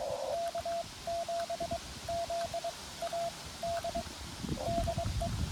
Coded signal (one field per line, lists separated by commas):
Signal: Morse code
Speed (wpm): 22 wpm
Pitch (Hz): 680 Hz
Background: radio noise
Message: K7ZAD DE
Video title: Wednesday Afternoon Morse Code POTA Activation